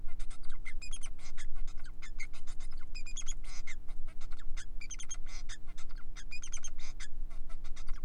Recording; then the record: song of a male Bengalese finch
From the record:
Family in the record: son of father 4